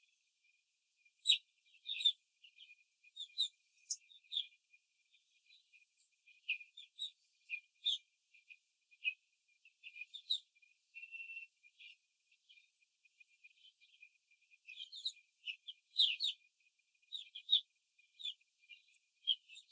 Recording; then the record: young laying hens in a cage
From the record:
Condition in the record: control cage, after the stress test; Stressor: none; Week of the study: 4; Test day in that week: 3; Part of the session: 4